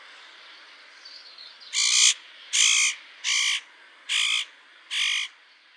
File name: ORZECHOWKA